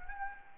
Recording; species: mosquito wingbeat signal from an infrared sensor; Anopheles gambiae